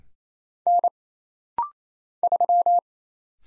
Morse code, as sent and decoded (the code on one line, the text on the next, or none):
-. / ...--
N 3